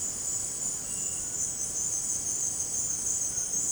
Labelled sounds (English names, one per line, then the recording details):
none
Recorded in dense forest near Puerto Asís, Putumayo, Colombia, on 24 March 2025 at 17:00
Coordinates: 0.481, -76.323
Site G088